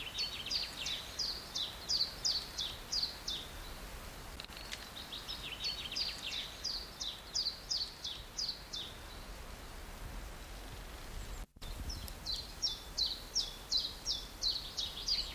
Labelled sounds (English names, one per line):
Common Chiffchaff song